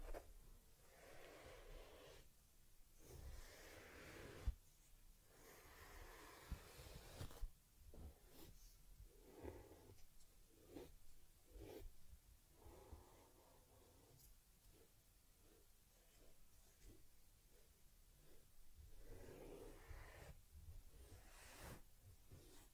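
Soft brushing and rubbing on a teddy bear's fur, a steady run of short scratchy strokes with breathy hisses and occasional light taps.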